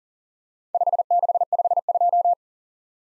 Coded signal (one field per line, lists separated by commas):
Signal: Morse code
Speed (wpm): 40 wpm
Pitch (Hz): 700 Hz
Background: none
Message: 5652